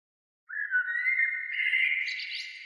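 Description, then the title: Bird song, a continuous quick warble of squeaky, chirping notes that grows busier and higher toward the end. "Oiseaux"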